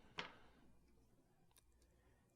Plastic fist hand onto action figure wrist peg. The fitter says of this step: you just pop it in easy peasy